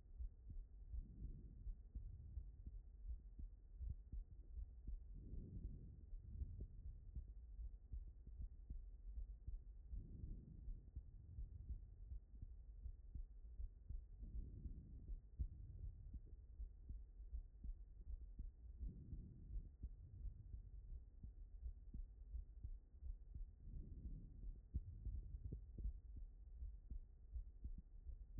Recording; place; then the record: heart sounds by stethoscope; aortic valve (AV)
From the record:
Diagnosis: non-HFrEF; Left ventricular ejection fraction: 74%